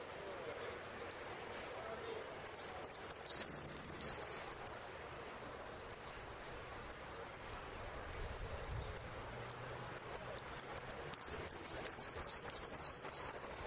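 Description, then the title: Saffron finch song alternating bursts of rapid buzzy slurred notes with scattered high chips, lively and fast. "Jilguero Argentino"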